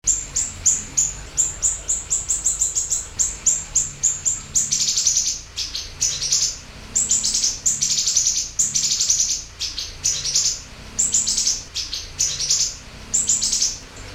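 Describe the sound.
Siri-siri song: a quick run of sharp high chirps, then longer shrill buzzy phrases repeated with short gaps.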